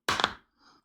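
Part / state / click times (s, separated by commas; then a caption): replacement earpad onto headphone ear cup / seated / 0.1 s, 0.2 s. A Wicked XL replacement earpad, aligned on its plastic pin holders, is pushed onto the ear cup of a Sony WH-1000XM6 headphone. There are two sharp clicks, at 0.1 s and at 0.2 s, followed by a faint soft rustle. The earpad is seated on the ear cup.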